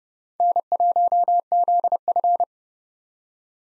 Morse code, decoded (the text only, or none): N1ZF